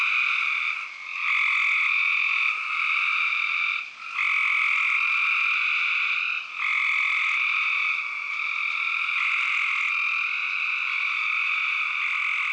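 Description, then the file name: Spring peepers in full chorus, high sharp peeps overlapping continuously, with a few short dips where the ringing briefly thins before resuming. "Peepers"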